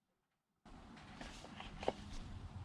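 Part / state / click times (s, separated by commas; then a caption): oil filter element into filter housing cap / not seated / none. A new oil filter element is handled against the plastic oil filter housing cap of an Audi TT RS / RS3 engine during an oil change. After a short silence, steady handling noise is heard with a few brief knocks and taps. Nothing has seated or clicked yet.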